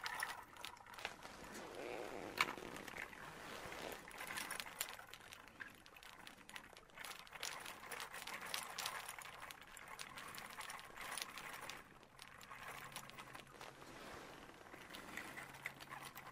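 Soft creaking and rustling of a leather coat fills the whole clip, a dense crackle of small scrapes that swells and eases without ever stopping. A sharp snap comes near two seconds, and a faint low hum drifts underneath at times.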